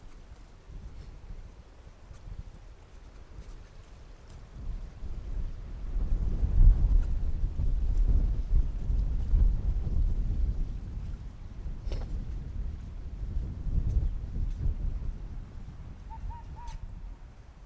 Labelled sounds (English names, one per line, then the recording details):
Arctic Fox
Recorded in the wild
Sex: male
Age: adult
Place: Insel Mednyi, Kommandeur-Inseln, RU
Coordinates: 54.5167, 168.083
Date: 1999-06-22 19:25
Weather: Nebel, 4°C, z.T. starker Wind
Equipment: Sony WM-D6C, Sennheiser ME 80, Windkorb, Kopie Sony TCD-D8
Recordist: Frommolt, Karl-Heinz